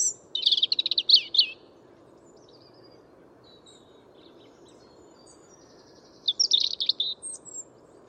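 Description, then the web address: European robin song in two brief bursts of rapid twittering notes separated by about five seconds of quiet, with a few faint high wisps and a low background rumble. "Deverinetal 2025 File origin Bird Only Er Ru"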